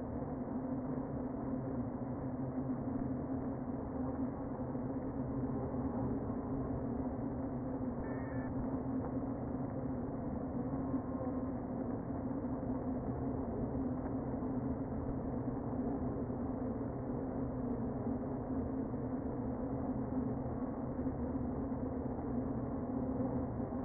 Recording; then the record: honeybee colony, microphone inside the hive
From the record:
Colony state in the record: queen present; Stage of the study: before two queens were removed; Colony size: about 60,000 bees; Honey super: yes